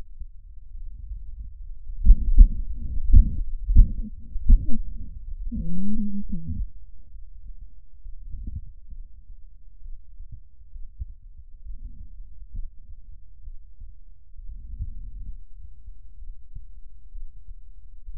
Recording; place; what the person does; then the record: lung sounds by stethoscope; right anterior apical chest; quiet breathing, then cough and speech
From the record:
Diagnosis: asthma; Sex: female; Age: 77 years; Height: 160 cm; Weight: 68.7 kg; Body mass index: 26.6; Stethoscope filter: bell mode